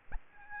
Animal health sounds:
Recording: mosquito wingbeat signal from an infrared sensor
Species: Aedes albopictus

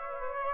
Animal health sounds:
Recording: mosquito wingbeat signal from an infrared sensor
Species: Aedes aegypti

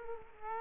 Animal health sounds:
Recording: mosquito wingbeat signal from an infrared sensor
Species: Culex quinquefasciatus

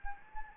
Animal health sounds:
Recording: mosquito wingbeat signal from an infrared sensor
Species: Anopheles gambiae

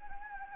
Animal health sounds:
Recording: mosquito wingbeat signal from an infrared sensor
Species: Anopheles gambiae

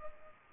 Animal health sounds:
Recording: mosquito wingbeat signal from an infrared sensor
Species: Culex pipiens

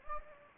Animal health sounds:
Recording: mosquito wingbeat signal from an infrared sensor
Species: Anopheles gambiae

